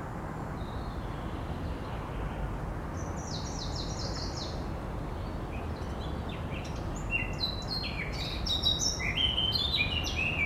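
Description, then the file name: Eurasian blackcap warbling in quick, varied phrases of high chirps and trills, one burst then a longer run later, over steady low rumbling background noise. "Sylvia atricapilla"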